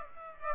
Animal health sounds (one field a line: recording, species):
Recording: mosquito wingbeat signal from an infrared sensor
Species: Aedes aegypti